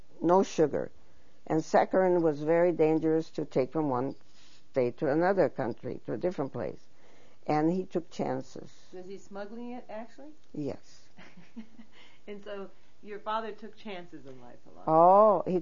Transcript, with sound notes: no sugar, and saccharine was very dangerous to take from one state to another country, to a different place, and he took chances.
Was he smuggling it, actually?
Yes.
( she laughs ) And so your father took chances in life a lot.